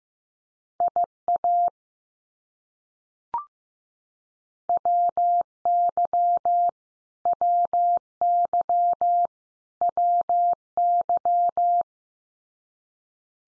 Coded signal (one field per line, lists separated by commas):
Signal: Morse code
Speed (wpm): 15 wpm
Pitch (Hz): 700 Hz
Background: none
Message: IA WY WY WY